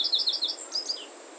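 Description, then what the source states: Meadow bunting song fragment: a rapid run of high chipping notes, then a few sliding notes dropping in pitch, over a steady high insect hiss. Song recorded in August.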